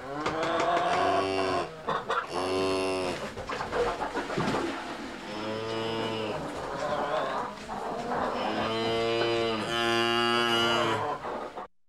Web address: cow mooing in a barn hens in bg animal cattle